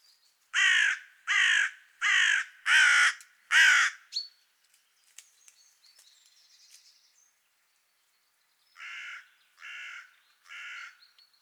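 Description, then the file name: Carrion crow calling five loud rasping caws in quick succession, then a gap with faint clicks and thin notes, followed by three softer caws. "Corvus corone"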